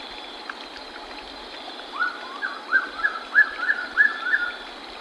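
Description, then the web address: Lyre-tailed nightjar calling in a series of several short notes over a steady background drone. Recorded in Ecuador. "S America Birds of Ecuador. Lyre-tailed nightjar"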